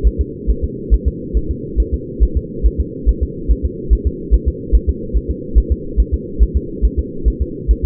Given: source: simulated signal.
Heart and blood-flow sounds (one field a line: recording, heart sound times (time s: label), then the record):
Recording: fetal heart sounds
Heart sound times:
0.07 s: S1
0.21 s: S2
0.50 s: S1
0.64 s: S2
0.94 s: S1
1.08 s: S2
1.37 s: S1
1.51 s: S2
1.80 s: S1
1.94 s: S2
2.23 s: S1
2.37 s: S2
2.66 s: S1
2.80 s: S2
3.09 s: S1
3.23 s: S2
3.51 s: S1
3.65 s: S2
3.93 s: S1
4.07 s: S2
4.34 s: S1
4.48 s: S2
4.75 s: S1
4.89 s: S2
5.17 s: S1
5.31 s: S2
5.58 s: S1
5.72 s: S2
6.00 s: S1
6.14 s: S2
6.43 s: S1
6.57 s: S2
6.85 s: S1
6.99 s: S2
7.28 s: S1
7.42 s: S2
7.71 s: S1
7.85 s: S2
From the record:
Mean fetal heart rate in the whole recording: 140 bpm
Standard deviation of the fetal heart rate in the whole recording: 2 bpm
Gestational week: 34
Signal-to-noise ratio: -4.3 dB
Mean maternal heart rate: 72 bpm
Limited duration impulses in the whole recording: present